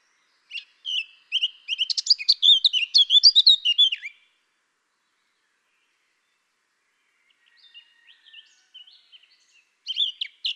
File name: Sylvia atricapilla